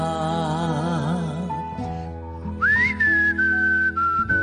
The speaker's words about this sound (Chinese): 好嘢喎，吹口哨。我因为啲牙唔齐呢，我吹漏风。